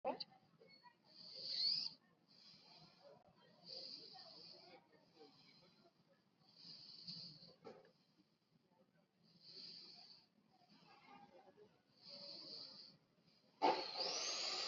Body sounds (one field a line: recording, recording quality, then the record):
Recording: deep breathing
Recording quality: excellent, no background noise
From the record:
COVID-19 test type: RT-PCR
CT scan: not taken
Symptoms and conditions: none ticked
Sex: male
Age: 19 years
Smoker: no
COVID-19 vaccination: both doses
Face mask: worn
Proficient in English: yes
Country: India